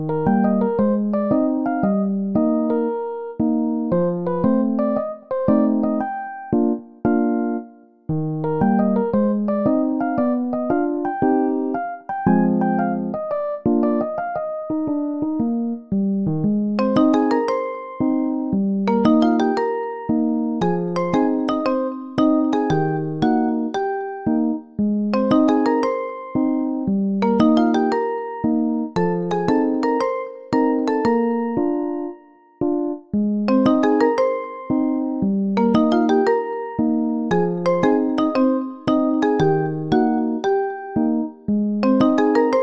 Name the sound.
Piano sounds with Soft Rain Sounds